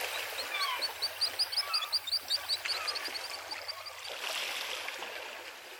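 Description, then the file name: Spectacled guillemot calls: a rapid run of thin, high whistled notes, several each second, fading toward the end. A low hum runs underneath. Recorded at Shiretoko on 24 July 2008. "keimafuri shiretoko hanada"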